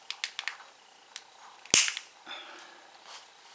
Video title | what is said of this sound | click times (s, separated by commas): Sansa Clip + Full Dissasembly Teardown and Reassembly | you hear snapping together all | 1.7 s